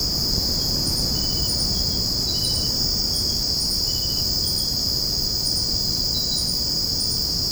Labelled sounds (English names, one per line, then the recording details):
none
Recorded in secondary vegetation near Puerto Asís, Putumayo, Colombia, on 21 February 2024 at 05:00
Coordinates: 0.489, -76.322
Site G6419